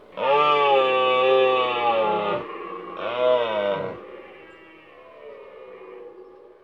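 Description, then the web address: Deer giving a long, strong harmonic bellow of about two seconds, a shorter second bellow, then fading quieter calling. "Cerf. album abc-de-la-nature"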